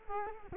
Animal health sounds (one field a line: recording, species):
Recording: mosquito wingbeat signal from an infrared sensor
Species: Culex quinquefasciatus